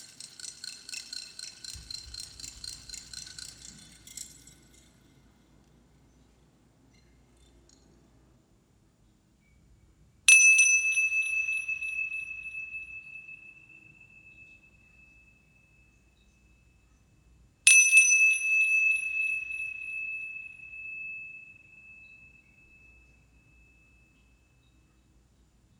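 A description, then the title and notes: Healing bowls ring in a quiet space. A shimmering, wavering bright tone fades out over the first four seconds, then after a pause with a faint low rumble, two clear strikes come at about 10 and 17 seconds, each a pure high ring slowly dying away. HEALING BOWLS FOR LAKE COUNTY.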